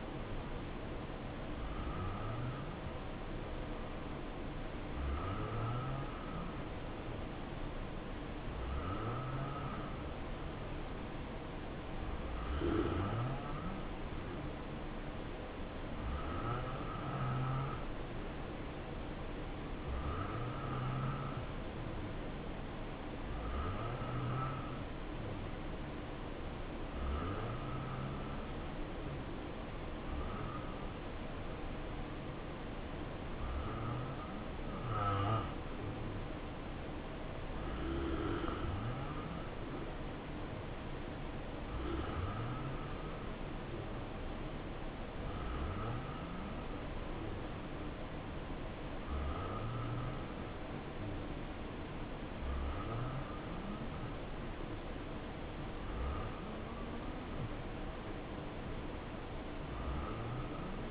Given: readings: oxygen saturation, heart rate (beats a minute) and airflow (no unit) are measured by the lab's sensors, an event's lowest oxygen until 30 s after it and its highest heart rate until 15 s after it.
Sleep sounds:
breathing in sleep by a voice recorder at the bedside; none
none scored
From the record:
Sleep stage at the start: N2 (light sleep); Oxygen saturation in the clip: 86 to 89%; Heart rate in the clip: 62 to 73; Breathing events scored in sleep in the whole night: 277 in 7.4 hours asleep

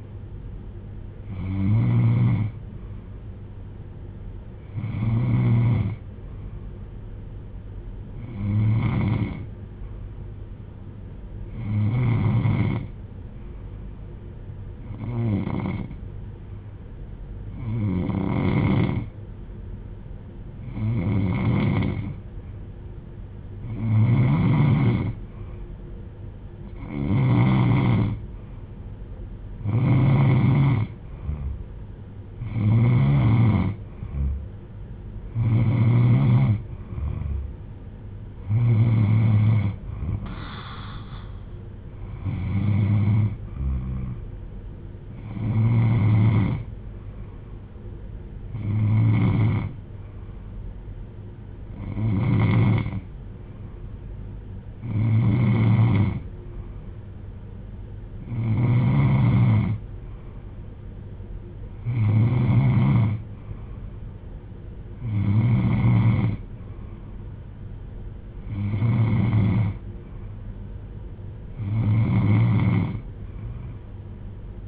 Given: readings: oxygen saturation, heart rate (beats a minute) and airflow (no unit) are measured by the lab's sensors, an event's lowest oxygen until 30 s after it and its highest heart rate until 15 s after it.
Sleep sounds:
breathing in sleep by a smartphone at the bedside; 1
7.00-32.40 s: hypopnea (N3, oxygen 96% highest, then 89% lowest)
From the record:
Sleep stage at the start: N3 (deep sleep); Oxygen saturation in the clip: 89 to 96%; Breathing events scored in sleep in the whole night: 310 in 8.1 hours asleep

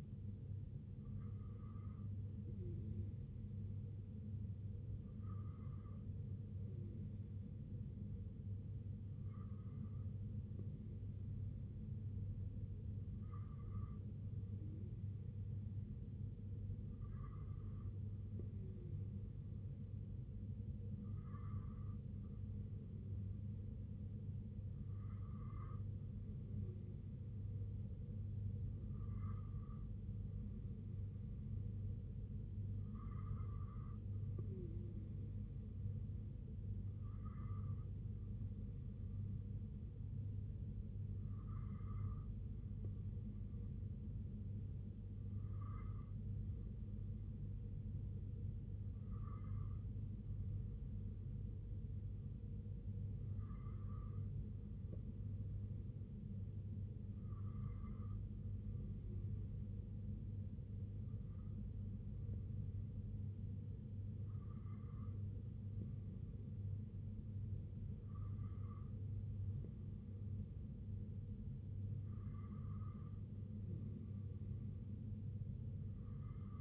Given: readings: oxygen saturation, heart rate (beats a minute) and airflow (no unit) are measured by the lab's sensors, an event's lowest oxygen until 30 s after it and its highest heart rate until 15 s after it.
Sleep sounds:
breathing in sleep by a smartphone at the bedside; none
none scored
From the record:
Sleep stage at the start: N2 (light sleep); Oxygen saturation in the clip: 93 to 95%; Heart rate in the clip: 62 to 68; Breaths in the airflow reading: 19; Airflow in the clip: -2.8 to 2.0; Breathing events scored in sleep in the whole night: 258 in 7.4 hours asleep

